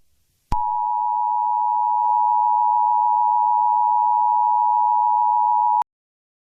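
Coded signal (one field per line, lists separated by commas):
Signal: Emergency Alert System (SAME) tones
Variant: 853 and 960 Hz attention tone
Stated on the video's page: Fictional alien armada scenario, simulated alert.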